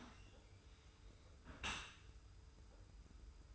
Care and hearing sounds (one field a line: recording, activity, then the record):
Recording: daily activity, microphone in the room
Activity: close dishwasher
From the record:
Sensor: 2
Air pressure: 991.2 hPa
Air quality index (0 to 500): 141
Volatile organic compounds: 259 ppm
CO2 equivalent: 4383 ppm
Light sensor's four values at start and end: 39/113/45/43 and 39/113/45/43